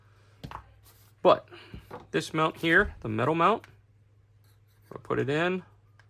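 Someone talks while fitting a night vision device's mounting shoe into an $85 all-metal G24 helmet mount, with a few faint handling ticks around 0.4–0.6 s and at 6.0 s. The device has not seated or clicked into the mount yet.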